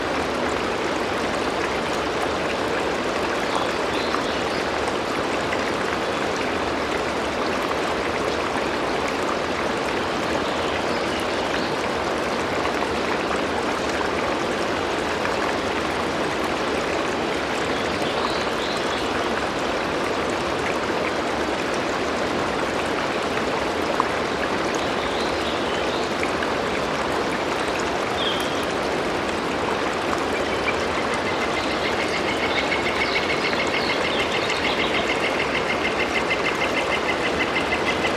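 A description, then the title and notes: A river or creek in north-central Colorado rushes steadily, a dense, even wash of water that never lets up across the whole stretch. Faint high chirps break through now and then, likely birds, and near the end a thin whistling tone hovers above the flow. Tour the rivers and creeks of north-central Colorado. Field recordings by Jacob Job.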